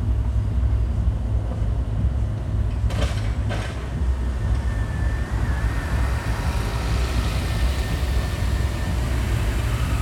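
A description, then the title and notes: A steady low rumble of passing traffic fills the street outside a window, with two brief clatters near three seconds and a faint whine afterward. Frank Zappa Straße Marzahn-Berlin-DDR - the view from my window. Recorded my window this morning. I didn't add any sound.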